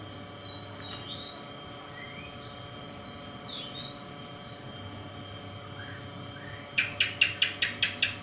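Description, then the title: Oriental magpie-robin singing scattered whistled phrases, followed by a burst of sharp, evenly spaced clicking at the end, with a low hum throughout. "Kacer Konslet Bikin Kacer Lain"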